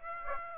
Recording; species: mosquito wingbeat signal from an infrared sensor; Aedes aegypti